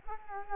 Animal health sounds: mosquito wingbeat signal from an infrared sensor; Culex quinquefasciatus

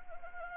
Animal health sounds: mosquito wingbeat signal from an infrared sensor; Anopheles arabiensis

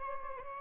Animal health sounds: mosquito wingbeat signal from an infrared sensor; Aedes albopictus

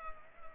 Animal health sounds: mosquito wingbeat signal from an infrared sensor; Culex pipiens

